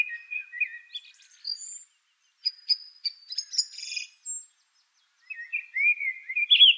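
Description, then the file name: Song thrush song: varied high whistled and twittering phrases with short pauses between bursts. "suara kicauan burung song thrush. omkicau"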